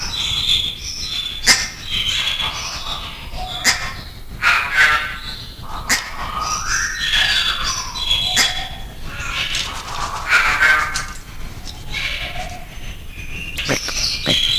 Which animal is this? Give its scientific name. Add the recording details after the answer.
Lybius bidentatus. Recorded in captivity. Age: adult. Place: Zoo Berlin, Berlin, DE. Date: 2002-01-03. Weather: sonnig, -6°C. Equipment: Marantz CP 130, Sennheiser MKH 416, Kopie Uher 4000 Report Monitor. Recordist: Tembrock, Günter